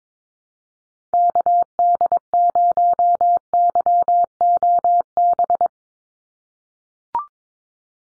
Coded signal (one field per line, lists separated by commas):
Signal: Morse code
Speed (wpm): 22 wpm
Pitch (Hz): 700 Hz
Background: none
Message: KD0YOB